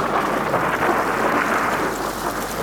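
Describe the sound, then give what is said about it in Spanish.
Steady, heavy rain pours down in a dense, even hiss of patter with a faint low rumble underneath, holding at a constant loudness with no voices. “Estaba lloviendo, pero iba muy apurado.”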